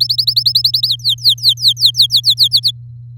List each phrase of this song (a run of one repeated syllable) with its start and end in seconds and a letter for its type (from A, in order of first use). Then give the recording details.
0.00-0.88 A, 0.88-2.48 B, 2.51-2.71 C. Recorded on 7 May 2018 at 09:29. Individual llb16